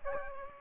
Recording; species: mosquito wingbeat signal from an infrared sensor; Aedes aegypti